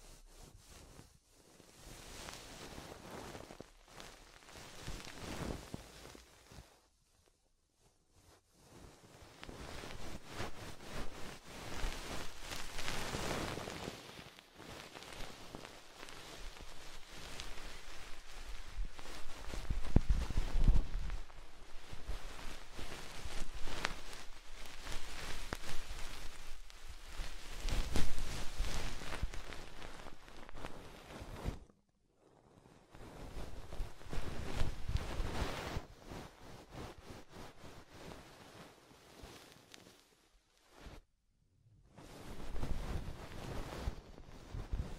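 Soft, fluffy brushing and rubbing sounds rustle in uneven waves, swelling and fading every few seconds with a breathy, whooshing texture. The strongest, fullest passages come around twenty and twenty-eight seconds, and brief silent gaps break the sound near eight, thirty-two and forty-one seconds.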